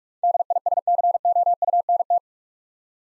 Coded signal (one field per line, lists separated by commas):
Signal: Morse code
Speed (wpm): 44 wpm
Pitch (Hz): 700 Hz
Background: none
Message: DISCOUNT